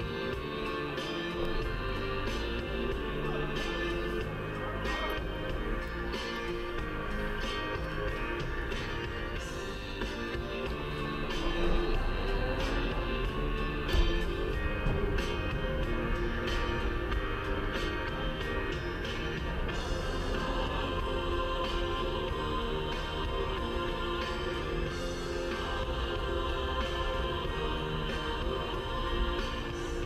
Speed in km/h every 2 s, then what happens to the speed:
0, 0, 3, 5, 3, 1, 7, 9, 7, 6, 9, 7, 7, 6, 7.
0-3 standing. 3-10 steady at about 3. 10-13 pulls away to 9. 13-30 steady at about 7.